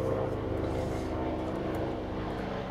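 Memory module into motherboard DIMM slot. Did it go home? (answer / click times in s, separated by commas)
no / none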